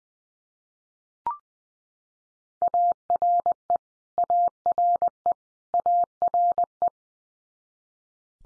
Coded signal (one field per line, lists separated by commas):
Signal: Morse code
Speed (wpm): 20 wpm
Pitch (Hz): 700 Hz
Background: none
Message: ARE ARE ARE